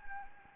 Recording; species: mosquito wingbeat signal from an infrared sensor; Anopheles gambiae